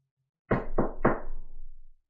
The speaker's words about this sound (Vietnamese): Âm thanh tiếng đập cửa vang lên.